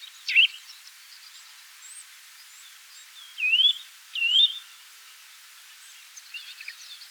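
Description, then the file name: Eurasian nuthatch giving short rising whistled calls, one early and two close together midway, with faint softer chirps scattered between them. "Sitta europaea"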